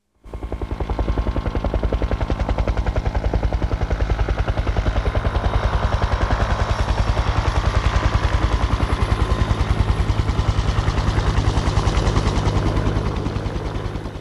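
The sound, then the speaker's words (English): A helicopter's rotor chops in a fast, steady rhythmic beat over a deep engine drone, loud and continuous for the whole stretch, with no talking. “Number 8 is helicopter.”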